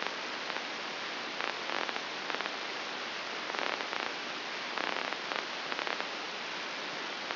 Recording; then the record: brain microelectrode recording played as sound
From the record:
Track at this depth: outside the subthalamic nucleus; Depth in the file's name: 7.26 mm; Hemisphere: left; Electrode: 2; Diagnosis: Parkinson's disease